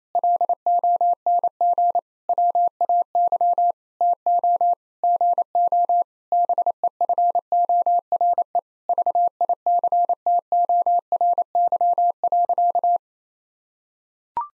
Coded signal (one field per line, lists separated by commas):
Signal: Morse code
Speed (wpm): 28 wpm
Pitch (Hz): 700 Hz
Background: none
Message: LONG WAY TO GO BEFORE VICTORY.